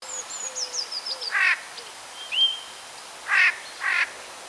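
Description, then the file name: Eurasian jay giving three harsh, rasping screeches, with thin high notes and lower whistled notes from other birds early on. "Garrulus glandarius"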